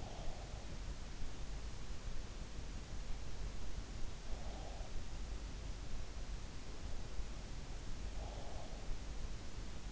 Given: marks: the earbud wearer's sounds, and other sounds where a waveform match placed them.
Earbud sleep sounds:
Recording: sounds in sleep by an in-ear microphone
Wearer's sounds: breath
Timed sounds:
0.00-1.11 s: breath
4.14-4.90 s: breath
8.12-8.83 s: breath

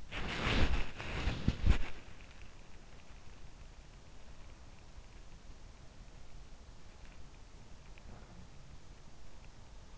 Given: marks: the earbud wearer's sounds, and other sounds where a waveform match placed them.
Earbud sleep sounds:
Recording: sounds in sleep by an in-ear microphone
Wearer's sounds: body movement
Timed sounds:
0.00-2.33 s: body movement

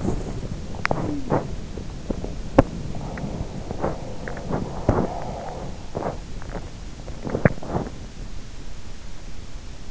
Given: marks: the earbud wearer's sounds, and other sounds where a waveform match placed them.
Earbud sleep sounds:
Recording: sounds in sleep by an in-ear microphone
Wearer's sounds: body movement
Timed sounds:
0.00-8.05 s: body movement

